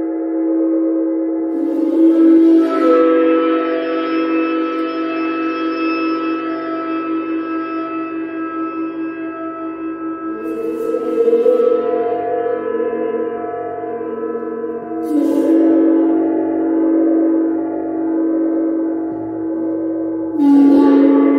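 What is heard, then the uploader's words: A Venus gong and Tibetan singing bowls ring in long, sustained tones with a shimmering, layered hum. New strikes swell the sound near the start, around eleven seconds, at fifteen seconds and again just before the end, each adding a brighter metallic wash that slowly fades. Sacred Healing with Venus Gong and Sacred Yoni Tibetan Singing Bowls.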